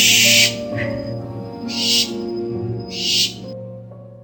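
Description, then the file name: Barn owl giving three harsh, hissing screeches, the first cut off at the start, over a low background hum. "pioupiou chouette effraie"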